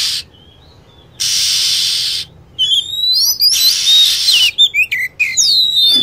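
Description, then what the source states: Lovebird calls: bursts of hiss, then a tumbling run of high, shrill sliding whistles and short chirps. Lure sound used to attract lovebirds.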